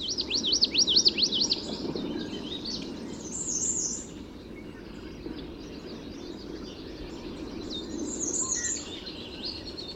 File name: Common Yellowthroat